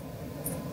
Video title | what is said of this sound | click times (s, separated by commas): New DynaVap M7 & M7 XL - Uncut 58:00 Interview w/George - Sneaky Pete's Reviews #interview #insight | We can use the mouthpiece to then push it all the way down until it clicks into the bottom. | 0.5 s